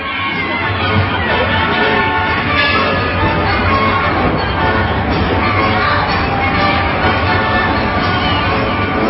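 A crowd bustling at a circus entrance, with queues at the ticket booths: a dense, steady murmur of many voices with scattered children's shouts and cheers rising out of the din, loud and continuous throughout.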